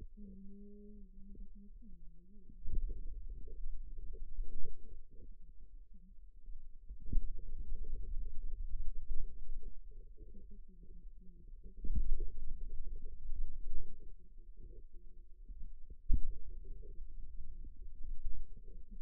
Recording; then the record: forearm muscle sounds (acoustic myography)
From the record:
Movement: finger pinch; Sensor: system 2, bracelet of six BSWA MPA416 microphones around the upper forearm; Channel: 5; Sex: male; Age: 22 years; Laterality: right